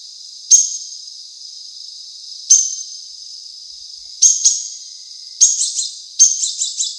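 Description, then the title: Drongo calls: sharp, high metallic notes given singly about every two seconds, then a doubled note and two quick stuttering runs of clipped notes near the end. "Suara Srigunting Di Download Dari Hobiburung"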